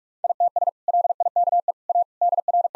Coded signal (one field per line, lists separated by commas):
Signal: Morse code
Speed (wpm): 41 wpm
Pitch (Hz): 700 Hz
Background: none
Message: ITS LIKE A DR